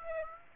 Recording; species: mosquito wingbeat signal from an infrared sensor; Aedes aegypti